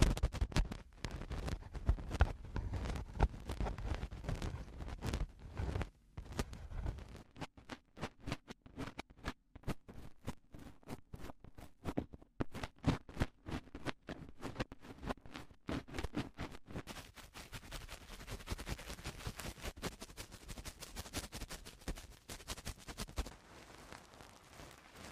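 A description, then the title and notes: Eardrum cleaning: crackly clicks and scratches run throughout, thick and rumbling for the first seven seconds. Sharper, sparser pops follow over a faint low hum. From about seventeen seconds the crackling turns denser and hissier until the end. Eardrum Cleaning (No Talking).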